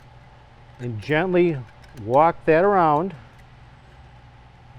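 A spiral lock steel snap ring is walked around by hand into the groove of the pump case of a PVWJ B Frame pump during a hydrodynamic bearing change, before being pushed home. Someone talks over a steady low background hum. Nothing has seated or clicked yet in this stretch.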